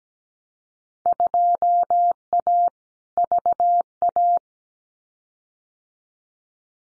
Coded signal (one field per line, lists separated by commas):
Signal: Morse code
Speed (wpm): 17 wpm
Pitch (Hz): 700 Hz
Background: none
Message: 2A VA